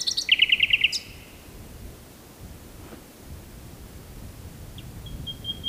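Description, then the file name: Nightingale song burst, a rapid rattle of about six identical notes, then quiet hiss with a faint high whistle near the end. "Luscinia megarhynchos"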